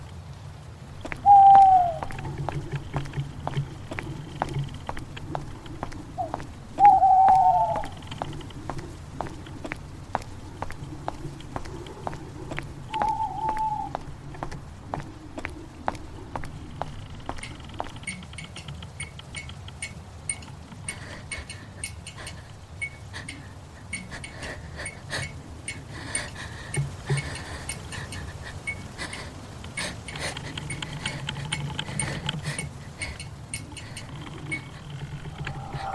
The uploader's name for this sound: Horror night ambience